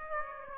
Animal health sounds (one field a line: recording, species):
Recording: mosquito wingbeat signal from an infrared sensor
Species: Aedes aegypti